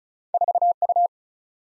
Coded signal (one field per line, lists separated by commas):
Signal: Morse code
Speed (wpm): 36 wpm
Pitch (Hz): 700 Hz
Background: none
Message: 4U